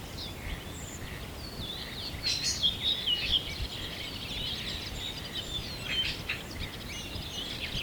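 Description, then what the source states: Birds singing together, a dense mix of high chirps, sweeping whistles and twitters, louder bursts in the middle, with soft background hiss. Birds recorded at sunrise, morning.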